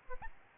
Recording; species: mosquito wingbeat signal from an infrared sensor; Aedes albopictus